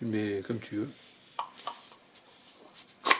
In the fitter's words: Tu le rentres jusqu'au claque. Voilà, ça y est, il est mis.